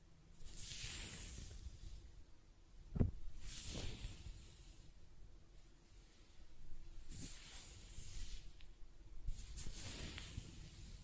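Close-up hair being brushed and stroked in repeated bright hissing sweeps every couple of seconds, with a sharp crackle near three seconds and low rumble.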